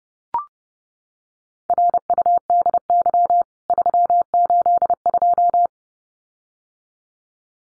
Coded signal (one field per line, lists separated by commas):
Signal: Morse code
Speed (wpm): 30 wpm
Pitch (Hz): 700 Hz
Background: none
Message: RUDY 382